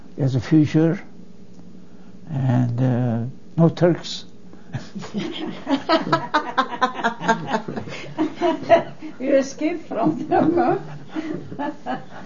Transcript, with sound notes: is a future, and no Turks (everyone laughs)
You're escaped from them, huh?